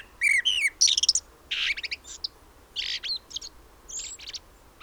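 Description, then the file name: Common blackbird calling with a quick run of bright, squeaky notes and a few falling whistles, then scattered high chips and buzzy notes in short bursts. "Turdus merula"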